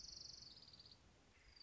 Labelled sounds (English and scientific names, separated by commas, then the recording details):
Orange-crowned Warbler (Leiothlypis celata)
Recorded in Sonoma County, California